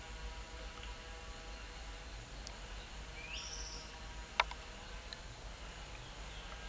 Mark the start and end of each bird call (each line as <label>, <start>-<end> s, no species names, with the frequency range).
bird call (1.7-6.8 kHz), 3.19-3.88 s